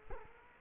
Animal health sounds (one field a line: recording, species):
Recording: mosquito wingbeat signal from an infrared sensor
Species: Culex quinquefasciatus